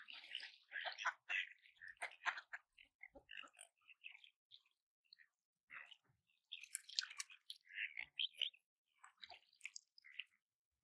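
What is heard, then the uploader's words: Ducks being fed at a lake: wet, splashy dabbling and snapping bursts come in quick clusters, with short pauses around four and six seconds. The sounds are bright and crisp, and a busier spell of splashing and pecking follows near the end. Today, we're feeding the ducks at the lake in Saltwell Park. Recorded in January. I went out and fed the ducks (and swans, and other birds that came along for the meal) peas.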